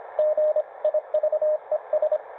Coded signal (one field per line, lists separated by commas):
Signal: Morse code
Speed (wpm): 27 wpm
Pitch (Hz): 620 Hz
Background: none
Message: GIVES